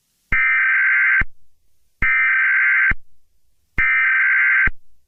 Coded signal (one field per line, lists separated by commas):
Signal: Emergency Alert System (SAME) tones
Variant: header bursts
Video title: Eas Scenario #2: The Californian Zombie Apocalypse